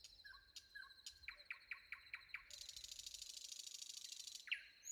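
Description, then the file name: Common nightingale song: short whistles, several sharp repeated down-slurred notes, then a long harsh buzzy trill and a final sharp note. Sung before dawn. "predawn nightingale"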